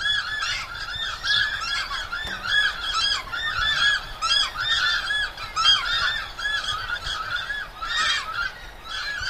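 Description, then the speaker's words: Takahe territorial calls, loud honking hoots repeated in quick, overlapping bursts from several birds, almost continuous throughout. Several pairs calling early on Saturday in a takahe area near Te Anau, Fiordland, New Zealand; loud calls reminding neighbouring pairs of their territory. "That's the sound of several pairs of takahe loudly reminding their neighbours that this is their territory."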